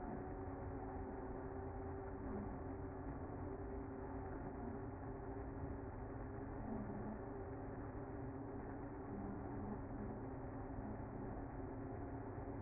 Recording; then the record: honeybee colony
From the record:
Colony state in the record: active